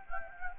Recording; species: mosquito wingbeat signal from an infrared sensor; Anopheles gambiae